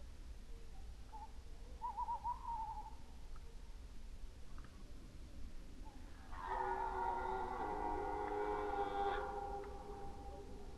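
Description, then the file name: Red deer: after a faint, brief warbling sound early on, a loud, rough, harmonic bellow takes over and lasts roughly three seconds. Recorded during the rut, 2011. "rykowisko 2011"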